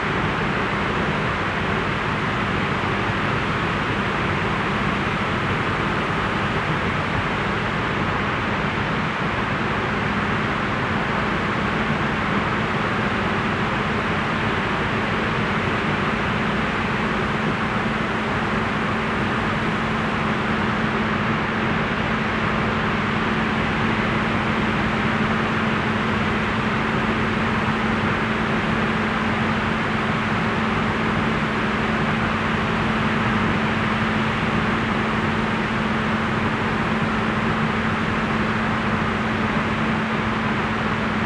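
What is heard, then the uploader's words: Pink noise runs unbroken for the full length, a dense, even hiss with more weight in the low and middle range than at the top. A faint steady hum sits underneath, giving it a slight engine-like rumble, and the level never changes. Pink Noise.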